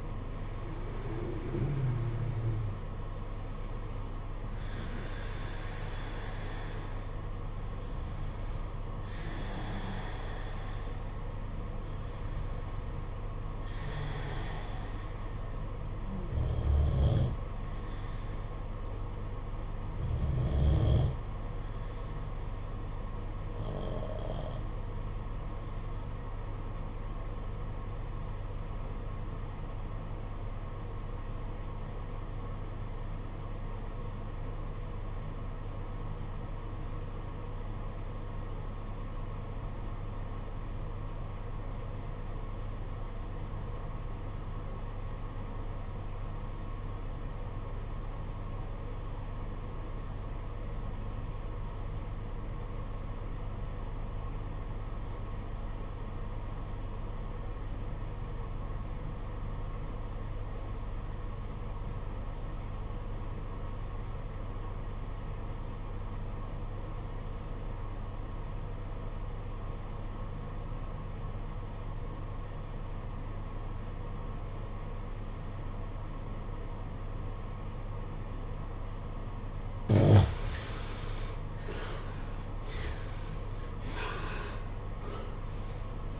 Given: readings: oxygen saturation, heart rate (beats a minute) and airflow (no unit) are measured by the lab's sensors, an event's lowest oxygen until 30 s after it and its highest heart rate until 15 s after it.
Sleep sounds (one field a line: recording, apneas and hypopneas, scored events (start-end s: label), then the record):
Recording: breathing in sleep by a smartphone at the bedside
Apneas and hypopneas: 1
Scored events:
23.00-80.10 s: obstructive apnea (REM, oxygen 96% highest, then 68% lowest, heart rate 50 at the start, 96 highest)
From the record:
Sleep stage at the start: REM sleep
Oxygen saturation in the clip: 70 to 96%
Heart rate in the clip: 45 to 91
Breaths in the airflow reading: 9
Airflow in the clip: -10.9 to 15.2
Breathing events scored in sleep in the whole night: 476 in 9.7 hours asleep